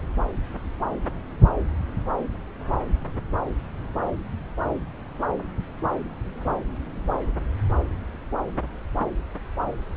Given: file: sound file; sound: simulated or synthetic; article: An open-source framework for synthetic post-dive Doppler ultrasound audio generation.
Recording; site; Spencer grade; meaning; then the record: Doppler ultrasound audio after a dive; subclavian; 0; Complete lack of bubble signals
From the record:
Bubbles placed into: full cardiac cycles